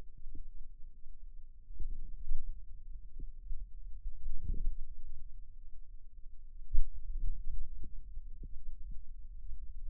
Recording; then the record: forearm muscle sounds (acoustic myography)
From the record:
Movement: hand closing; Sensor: system 2, bracelet of six BSWA MPA416 microphones around the upper forearm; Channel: 1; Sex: female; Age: 22 years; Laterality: right